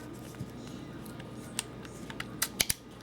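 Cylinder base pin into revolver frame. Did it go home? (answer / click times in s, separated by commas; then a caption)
yes / 2.4 s, 2.6 s, 2.7 s. With the cylinder back in the frame of a .357 Ruger Blackhawk single-action revolver, the steel base pin is dropped back in and pushed home until its latch holds it. After a lone tick at 1.6 s, sharp metallic clicks at 2.4, 2.6 and 2.7 s mark the pin locking into place.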